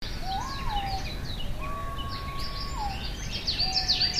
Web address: izumino saunndo aobato